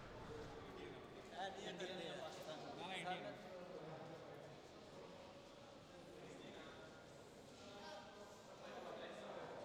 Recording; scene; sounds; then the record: everyday scene through a hearing-aid microphone; reverberant space; background noise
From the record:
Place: railway station hall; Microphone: in the ear canal, left